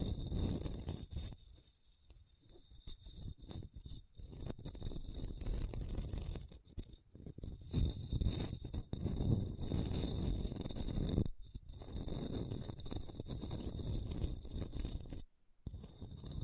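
Scratching over a hard, bumpy surface, a low, rough grinding that keeps going with uneven bursts and brief dips, quietest near two and five seconds. A faint steady high whine runs underneath, and the sound cuts out abruptly for a moment around fifteen seconds.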